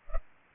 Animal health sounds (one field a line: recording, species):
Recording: mosquito wingbeat signal from an infrared sensor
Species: Culex pipiens